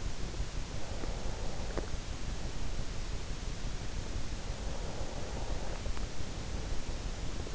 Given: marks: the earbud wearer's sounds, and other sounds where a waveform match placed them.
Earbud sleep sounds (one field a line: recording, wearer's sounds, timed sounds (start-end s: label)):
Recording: sounds in sleep by an in-ear microphone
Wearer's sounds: breath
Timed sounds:
0.53-2.77 s: breath
4.21-7.11 s: breath